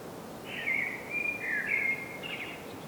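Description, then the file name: Common blackbird song: one continuous mellow, fluted warble of linked whistled notes lasting over two seconds, ending in a higher, scratchier flourish. "Turdus merula"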